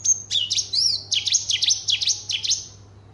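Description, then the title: Horsfield's bush lark singing a loud run of sweeping, whistled high notes, each dipping and rising sharply, delivered in quick succession before fading. Full song repertoire. "Branjangan Javanica Full Materi"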